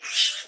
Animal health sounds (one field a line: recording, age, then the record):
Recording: pig call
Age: piglet (1 to 25 days)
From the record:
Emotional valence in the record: negative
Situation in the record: restrain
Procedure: in the arms of a person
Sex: male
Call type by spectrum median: high-frequency call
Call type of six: low-frequency tonal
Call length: 0.48 s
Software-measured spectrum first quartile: 3144 Hz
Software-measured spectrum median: 3882 Hz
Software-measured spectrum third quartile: 5689 Hz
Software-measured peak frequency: 3067 Hz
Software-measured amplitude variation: 132 dB a second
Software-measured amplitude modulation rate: 13.4 a second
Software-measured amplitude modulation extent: 9.8 dB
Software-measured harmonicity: 0.5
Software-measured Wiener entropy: -1.85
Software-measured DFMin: 999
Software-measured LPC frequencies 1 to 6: 1770, 3040, 3683, 4831, 5190, 6039 Hz